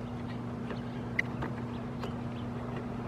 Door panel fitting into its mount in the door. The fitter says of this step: it goes at and just snaps right into place.